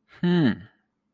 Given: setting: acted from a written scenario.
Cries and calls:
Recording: vocal sound without words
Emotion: interest

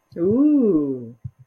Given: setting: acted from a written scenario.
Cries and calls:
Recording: vocal sound without words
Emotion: interest

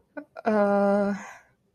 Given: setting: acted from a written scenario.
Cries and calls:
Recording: vocal sound without words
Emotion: guilt

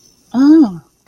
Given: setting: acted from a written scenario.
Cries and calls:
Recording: vocal sound without words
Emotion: awe

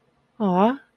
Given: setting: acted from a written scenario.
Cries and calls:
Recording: vocal sound without words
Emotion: adoration

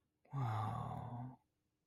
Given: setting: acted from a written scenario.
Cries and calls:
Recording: vocal sound without words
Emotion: romantic love

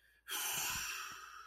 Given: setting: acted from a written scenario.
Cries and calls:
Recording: vocal sound without words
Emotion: disappointment

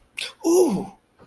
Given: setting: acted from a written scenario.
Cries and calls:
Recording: vocal sound without words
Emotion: negative surprise

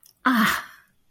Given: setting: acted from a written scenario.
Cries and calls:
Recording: vocal sound without words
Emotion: ecstasy

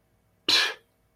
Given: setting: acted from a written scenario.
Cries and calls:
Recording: vocal sound without words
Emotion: contempt

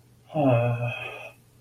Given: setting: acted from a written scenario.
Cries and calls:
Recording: vocal sound without words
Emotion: sympathy

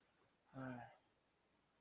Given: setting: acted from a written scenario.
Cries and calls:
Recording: vocal sound without words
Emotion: guilt

